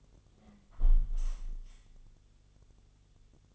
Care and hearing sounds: daily activity, microphone in the room; close window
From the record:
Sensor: 4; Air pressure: 1015.8 hPa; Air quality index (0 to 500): 122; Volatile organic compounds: 3 ppm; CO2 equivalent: 1371 ppm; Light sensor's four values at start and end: 9/20/8/7 and 9/20/8/7

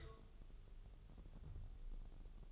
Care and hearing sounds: daily activity, microphone in the room; take from stove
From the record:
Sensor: 4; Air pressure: 989.1 hPa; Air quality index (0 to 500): 210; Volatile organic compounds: 58 ppm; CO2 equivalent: 3396 ppm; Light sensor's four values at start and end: 29/99/36/38 and 29/98/36/38

